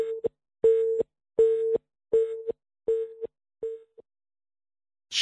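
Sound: telephone call tones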